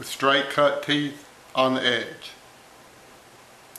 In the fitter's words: it also locks into place